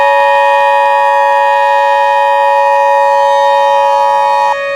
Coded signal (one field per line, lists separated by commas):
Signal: Emergency Alert System (SAME) tones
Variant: 853 and 960 Hz attention tone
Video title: (EAS Scenario) Neurax Doomsday